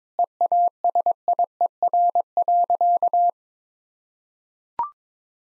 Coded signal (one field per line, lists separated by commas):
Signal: Morse code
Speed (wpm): 22 wpm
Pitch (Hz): 700 Hz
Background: none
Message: EASIER.